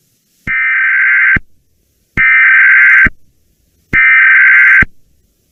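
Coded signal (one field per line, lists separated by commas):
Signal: Emergency Alert System (SAME) tones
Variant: header bursts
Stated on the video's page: Weather radio EAS alerts relayed through online radio, main source on 162.475 MHz.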